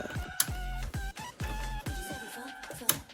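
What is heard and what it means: A desktop RAM memory stick is pressed into its DIMM slot on the motherboard over background music, with sharp clicks at 0.4 and 2.9 seconds as it seats. The module is confirmed seated.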